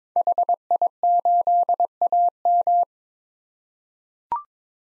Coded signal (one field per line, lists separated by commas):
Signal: Morse code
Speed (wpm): 22 wpm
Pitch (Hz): 700 Hz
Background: none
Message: HI8AM